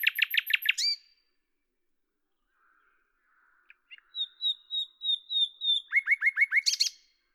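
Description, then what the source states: Common nightingale song: rapid repeated notes, a quiet pause with faint sounds, then a string of slurred high whistles and a fast descending burst. Lavours, France, 10 May 1998; recorded with a Tascam DAP-1 and a Télingua microphone, edited in Samplitude 5.1.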